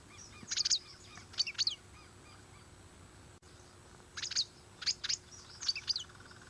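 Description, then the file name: Dragon bird giving bright, piercing chirps in brisk little groups, silent for about two seconds in the middle before the bursts resume. "Canto do passaro dragao"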